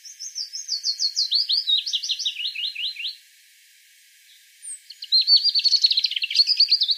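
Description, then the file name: European robin song: a descending cascade of rapid high notes for three seconds, a pause, then a second buzzy, trilled phrase. "Erithacus rubecula"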